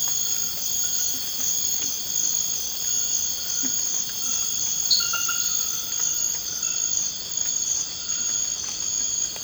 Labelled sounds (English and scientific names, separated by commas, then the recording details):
none
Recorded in dense forest near Puerto Asís, Putumayo, Colombia, on 19 March 2025 at 00:30
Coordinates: 0.481, -76.323
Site G088